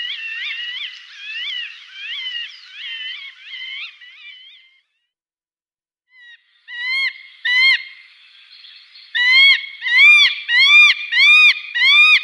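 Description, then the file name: Northern goshawk calls: a fast run of harsh, harmonic notes that fades out, then a pause and a series of loud, ringing notes. "Duvhok"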